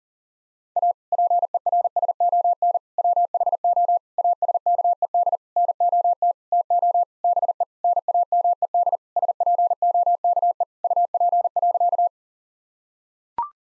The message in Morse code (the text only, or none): A PERSON WHO ASKED NOT TO BE NAMED SPOKE UP.